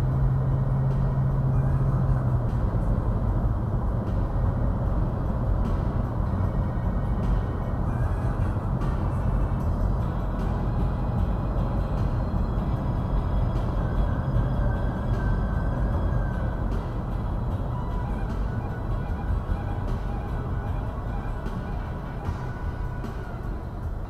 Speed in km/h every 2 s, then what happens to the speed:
101, 101, 101, 101, 101, 101, 100, 97, 92, 84, 72, 61.
0-14 steady at about 101. 14-24 brakes to 61.